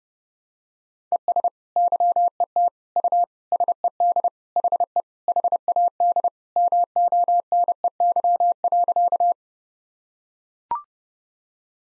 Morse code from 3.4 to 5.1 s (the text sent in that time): SED HE